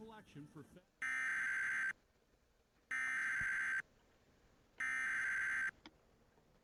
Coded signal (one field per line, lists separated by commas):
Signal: Emergency Alert System (SAME) tones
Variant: header bursts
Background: speech